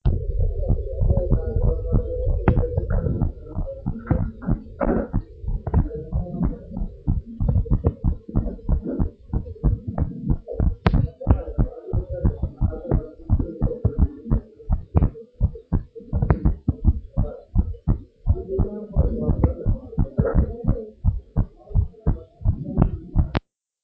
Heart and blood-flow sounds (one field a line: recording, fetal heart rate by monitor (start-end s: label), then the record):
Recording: heart sounds of a pregnant woman by stethoscope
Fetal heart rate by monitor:
no fetal heartbeat
From the record:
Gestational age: 37 weeks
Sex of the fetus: girl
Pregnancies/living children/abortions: 2/1/0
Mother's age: 30 years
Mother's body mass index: 28.9